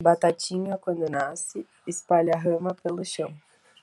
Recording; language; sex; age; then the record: short text; Brazilian Portuguese; female; 20 to 29 years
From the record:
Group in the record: control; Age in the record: 29 years